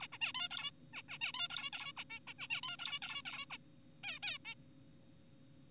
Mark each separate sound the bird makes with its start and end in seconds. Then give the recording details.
0.00-0.07, 0.13-0.18, 0.21-0.33, 0.35-0.49, 0.51-0.71, 0.93-1.02, 1.09-1.18, 1.21-1.32, 1.34-1.48, 1.50-1.70, 1.73-1.93, 1.97-2.04, 2.10-2.19, 2.27-2.34, 2.39-2.47, 2.50-2.61, 2.63-2.77, 2.79-2.99, 3.02-3.22, 3.25-3.45, 3.51-3.57, 4.04-4.19, 4.23-4.38, 4.45-4.55. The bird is an adult. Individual g4p5U